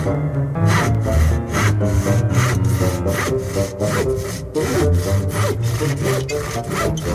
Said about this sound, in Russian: Шум, производимый пилою, заставлял его поминутно оглядываться